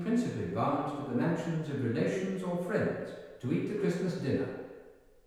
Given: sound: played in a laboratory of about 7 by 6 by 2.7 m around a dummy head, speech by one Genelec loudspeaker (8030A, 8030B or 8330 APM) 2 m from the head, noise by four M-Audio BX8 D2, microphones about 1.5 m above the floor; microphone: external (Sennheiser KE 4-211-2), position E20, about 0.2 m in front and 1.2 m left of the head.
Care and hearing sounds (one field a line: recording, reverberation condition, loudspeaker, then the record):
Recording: male speech in English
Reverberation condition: high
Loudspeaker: 60 degrees to the right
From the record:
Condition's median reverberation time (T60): about 1300 ms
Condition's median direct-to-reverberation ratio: about -4.0 dB